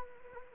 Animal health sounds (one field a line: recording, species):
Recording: mosquito wingbeat signal from an infrared sensor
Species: Anopheles arabiensis